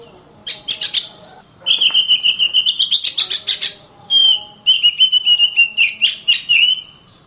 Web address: Suara kacer ngplong keras. masteran burung kacer